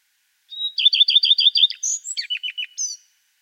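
Common redstart song: a thin high whistled opening note, then a run of quick repeated two-part phrases, ending in a brief scratchy, varied twitter.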